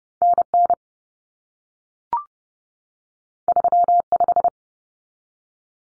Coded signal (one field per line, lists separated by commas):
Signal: Morse code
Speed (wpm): 30 wpm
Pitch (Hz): 700 Hz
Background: none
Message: NN 35